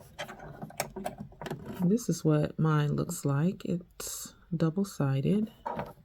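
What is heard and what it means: A double-sided metal zipper presser foot is handled near the snap-on presser-foot shank of a sewing machine after the regular foot has been removed. Someone talks while small sharp clicks and taps are heard, including one at about 0.8 s. The clip ends before the foot snaps on, so nothing has seated yet.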